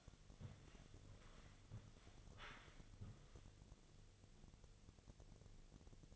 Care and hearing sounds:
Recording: daily activity, microphone in the room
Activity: walk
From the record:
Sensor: 4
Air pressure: 1001.3 hPa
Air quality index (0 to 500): 178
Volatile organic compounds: 2 ppm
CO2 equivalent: 1284 ppm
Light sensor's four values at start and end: 14/33/13/14 and 14/33/13/13

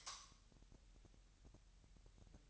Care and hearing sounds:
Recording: daily activity, microphone in the room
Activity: light off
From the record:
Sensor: 3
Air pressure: 1001.8 hPa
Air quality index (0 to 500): 250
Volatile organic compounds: 53 ppm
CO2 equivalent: 3338 ppm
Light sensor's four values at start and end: 12/33/13/12 and 5/13/5/5

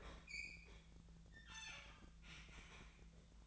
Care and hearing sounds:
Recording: daily activity, microphone in the room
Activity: open fridge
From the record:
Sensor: 3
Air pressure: 1009.6 hPa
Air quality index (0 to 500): 194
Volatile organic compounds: 16 ppm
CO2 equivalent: 2522 ppm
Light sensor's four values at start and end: 35/88/38/40 and 35/88/38/40

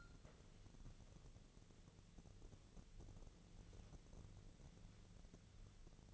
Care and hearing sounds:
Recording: daily activity, microphone in the room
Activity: wipe stove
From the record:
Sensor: 4

